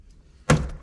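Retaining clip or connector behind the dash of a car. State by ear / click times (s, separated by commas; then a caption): released / 0.5 s. Behind the dash of an IROC-Z, a retaining clip or connector is pried free from underneath during gauge cluster removal for a Dakota Digital VHX gauge install. After a near-silent lead-in with a faint tick at 0.1 s, a sharp snap with a short low thud comes at 0.5 s as the part pops loose, confirmed released.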